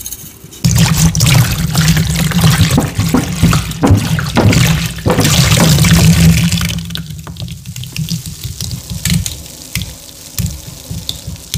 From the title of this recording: Pouring Dye Over Carved Gym Chalk Bombs